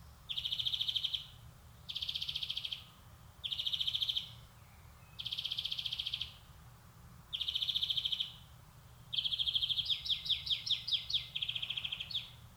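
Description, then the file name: European greenfinch delivering a series of even trilled rattles with short pauses, then a faster bubbling twitter. "Chloris chloris"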